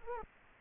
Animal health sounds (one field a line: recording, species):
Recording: mosquito wingbeat signal from an infrared sensor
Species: Culex quinquefasciatus